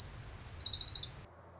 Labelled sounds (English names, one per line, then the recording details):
Orange-crowned Warbler
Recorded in Sonoma County, California